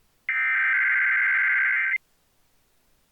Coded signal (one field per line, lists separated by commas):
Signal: Emergency Alert System (SAME) tones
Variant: header bursts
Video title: WNCX/WDOK/WQAL/WKRK EAS Required Weekly Tests (May 17, 2026)